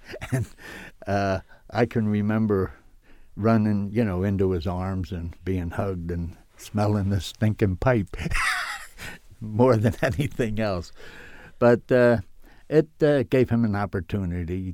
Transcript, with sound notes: And, uh, I can remember running, you know, into his arms and being hugged and smelling this stinking pipe (he laughs) more than anything else. But it gave him an opportunity.